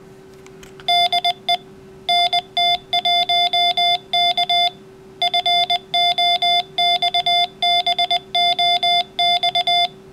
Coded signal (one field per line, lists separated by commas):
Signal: Morse code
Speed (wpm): 20 wpm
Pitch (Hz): 700 Hz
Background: none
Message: DE NT1K FOXBOX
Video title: Arduino Foxbox for Amateur Radio - In progress